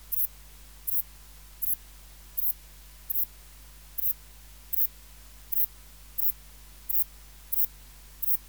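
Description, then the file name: Saddle-backed bush-cricket song: short, very high, hissing chirps repeated steadily, with a faint low hum beneath. "Ephippiger cruciger"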